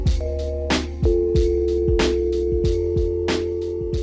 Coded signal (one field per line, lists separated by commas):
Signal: telephone call progress tone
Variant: North America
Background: music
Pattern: dial tone